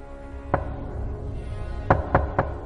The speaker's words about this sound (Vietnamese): Tiếng gõ cửa vẫn cứ đều đặn. Ai vậy? Nó vẫn cứ vang lên, rõ lắm. Tôi vẫn không nhận được câu trả lời ngoài những tiếng gõ cửa chua chát.